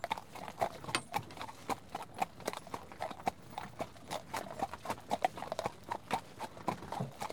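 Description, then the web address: Horse walking, hooves clopping in an uneven rhythm of sharp knocks. One horse walking along while pulling. "BBC Sound Effects Library. One horse walking along, pulling"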